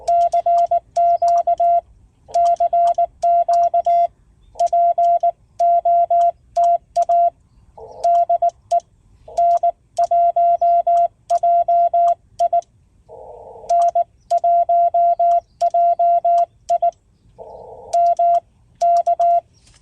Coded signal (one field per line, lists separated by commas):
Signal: Morse code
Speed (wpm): 19 wpm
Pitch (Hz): 690 Hz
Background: radio noise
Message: CQ CQ POTA DE N1JI N1JI M K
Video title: POTA Activation, US-4954 Russell-Shea State Forest